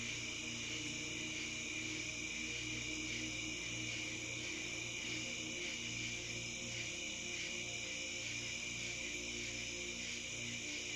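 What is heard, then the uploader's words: An atmospheric ambient loop plays steadily with a lake at night beneath it. Sustained low tones hum and pulse gently while a bright, hissing shimmer of water and insect-like chirring stays constant throughout, dense and unchanging, with no distinct events standing out. A Peaceful Lake | Calming Music with Water Sounds. This episode is an atmospheric ambient loop accompanied by the natural sounds of a lake at midnight.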